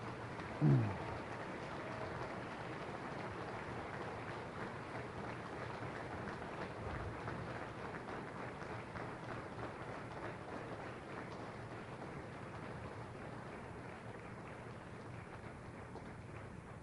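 Sustained audience applause, a dense, steady wash of many hands clapping that holds at an even level for about seventeen seconds, with no clear voices over it.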